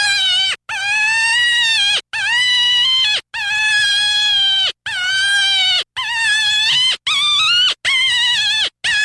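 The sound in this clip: Deer bleating: long, loud, nasal bleats of about a second each, given one after another with short gaps, some ending in a falling slur.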